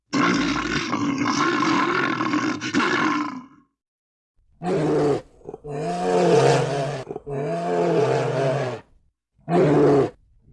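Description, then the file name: Bear roar: a long, rough, breathy roar lasting several seconds, then a pause and a series of deep, drawn-out moaning calls repeated in bursts. "medved"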